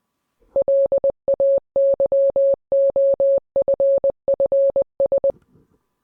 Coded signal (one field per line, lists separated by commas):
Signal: Morse code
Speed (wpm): 20 wpm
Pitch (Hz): 550 Hz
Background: none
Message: LAYOFFS